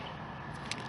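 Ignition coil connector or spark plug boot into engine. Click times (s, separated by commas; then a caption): 0.7 s. On a 2006 Suzuki Aerio, an ignition coil connector or spark plug boot is pushed into place on the engine while the ignition parts are reassembled after a spark plug job. Over a steady background noise, a single sharp snap is heard at 0.7 s as the part seats.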